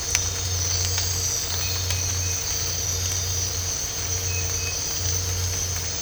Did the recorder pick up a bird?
no